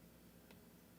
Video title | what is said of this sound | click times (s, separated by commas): How to Install FIRENOCKS for Your CROSSBOW! | you can almost hear it that's when you know that that's properly seated now that's installed | 0.5 s